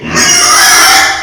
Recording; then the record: squeal of a Yucatan mini pig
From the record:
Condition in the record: before surgery on the right vocal fold (resection and tissue-engineered implant); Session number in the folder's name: 2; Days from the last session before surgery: 0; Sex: male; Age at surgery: 12 weeks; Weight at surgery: 13 kg